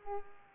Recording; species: mosquito wingbeat signal from an infrared sensor; Culex pipiens